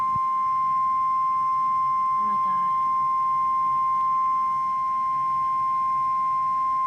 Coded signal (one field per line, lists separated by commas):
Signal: Emergency Alert System (SAME) tones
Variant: 1050 Hz attention tone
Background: speech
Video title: EAS 78-79 Special Weather Statement interrupted by a Special Marine Warning (Incomplete)